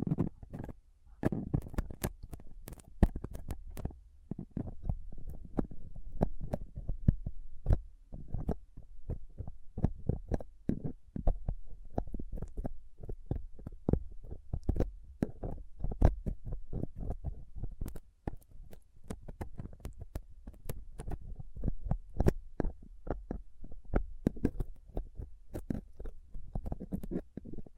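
A microphone grille being scraped and picked with dental tools, tweezers and a cotton swab: dense, irregular clicks and scratches over a steady low rumble.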